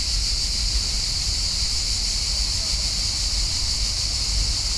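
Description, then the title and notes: An unbroken high cicada drone continues throughout, over a faint low rumble of background noise. Many cicadas calling at high volume in summer in Parque Vale do Silêncio, a park in Lisbon, Portugal; recorded binaurally with Church-audio microphones and a Zoom H4n. "Parque Vale do Silêncio, 1800 Lisbon, Portugal - Summer cicadas. High volume cicadas on the park"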